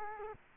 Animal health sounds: mosquito wingbeat signal from an infrared sensor; Culex quinquefasciatus

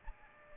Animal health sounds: mosquito wingbeat signal from an infrared sensor; Aedes albopictus

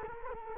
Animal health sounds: mosquito wingbeat signal from an infrared sensor; Culex quinquefasciatus

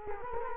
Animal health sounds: mosquito wingbeat signal from an infrared sensor; Culex quinquefasciatus

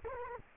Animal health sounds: mosquito wingbeat signal from an infrared sensor; Culex quinquefasciatus

